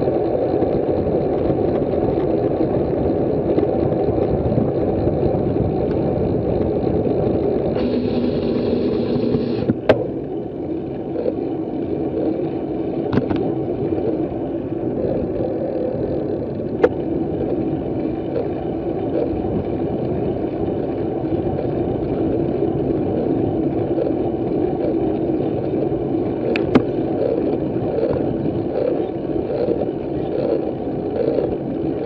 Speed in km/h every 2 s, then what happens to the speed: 32, 30, 25, 15, 19, 21, 21, 20, 23, 24, 23, 22, 20, 18, 18, 16.
0-7 slows to 15. 7-19 steady at about 21. 19-32 slows to 16.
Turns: none.